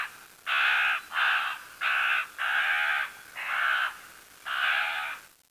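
Bird giving six harsh, loud caws in a row, with short gaps between them.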